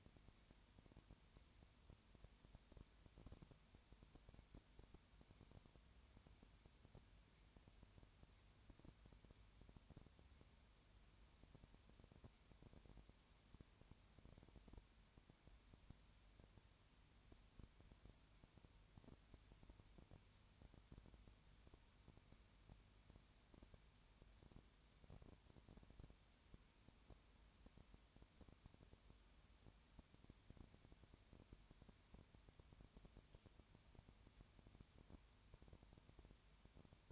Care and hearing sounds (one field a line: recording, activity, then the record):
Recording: daily activity, microphone in the room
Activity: no activity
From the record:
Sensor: 2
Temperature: 20.4 degrees Celsius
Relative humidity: 35.5%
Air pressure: 1007.1 hPa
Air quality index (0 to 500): 122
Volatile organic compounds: 2 ppm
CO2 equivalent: 1249 ppm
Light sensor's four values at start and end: 2/3/2/2 and 2/3/2/2